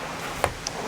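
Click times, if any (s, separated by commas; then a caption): 0.4 s, 0.7 s. The screen door of a Leisure Travel Vans Wonder motorhome is closed and latched into the main entry door. Two sharp, short clicks are heard at 0.4 s and 0.7 s, and the latch locks in place.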